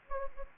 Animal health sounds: mosquito wingbeat signal from an infrared sensor; Anopheles gambiae

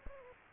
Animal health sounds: mosquito wingbeat signal from an infrared sensor; Aedes aegypti

